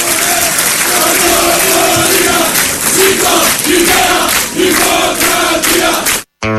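A large crowd at a political rally in Thessaloniki cheers and applauds loudly and continuously for the party's youth, with rhythmic chanting voices rising in repeated bursts over dense clapping, ending abruptly.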